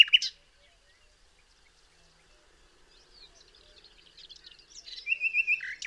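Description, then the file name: Common nightingale phrases: a short, loud burst at the start, quiet scratchy notes after a pause, then a fast rattling trill of repeated notes that grows louder. "Luscinia megarhynchos"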